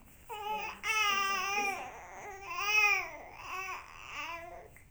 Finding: Baby Cry.